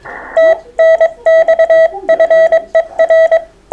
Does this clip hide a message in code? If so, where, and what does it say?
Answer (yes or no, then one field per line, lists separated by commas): yes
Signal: Morse code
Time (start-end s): 0.4-3.4 s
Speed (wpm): 22 wpm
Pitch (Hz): 650 Hz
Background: none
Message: TNX FER